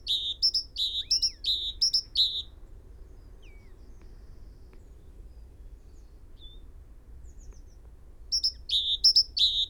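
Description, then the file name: Great tit song, a fast string of high paired notes for two seconds, a long quiet stretch with faint thin notes, then the phrases resume. "Parus major"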